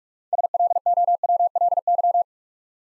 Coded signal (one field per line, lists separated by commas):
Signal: Morse code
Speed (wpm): 44 wpm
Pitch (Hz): 700 Hz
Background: none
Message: SLOWLY